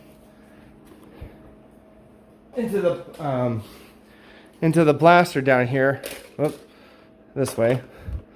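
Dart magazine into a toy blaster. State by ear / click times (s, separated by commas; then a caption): not seated / none. A plastic dart magazine is handled at the bottom of a toy blaster while someone talks in short bursts over a low, steady hum. The magazine has not seated or clicked into place yet.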